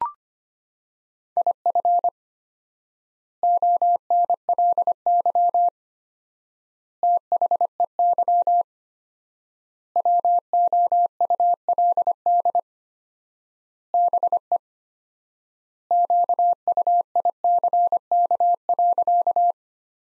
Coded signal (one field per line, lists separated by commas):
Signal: Morse code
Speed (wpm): 25 wpm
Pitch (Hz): 700 Hz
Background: none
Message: IF ONLY THEY WOULD BE QUICK.